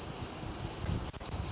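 A torque wrench set to 10 Nm tightens a screw back into a thread insert, fitted to repair a stripped thread in the cylinder head of a Peugeot 307. Over a steady broadband hiss, the wrench gives a single short click at 1.3 s. The screw is confirmed tightened to the set torque.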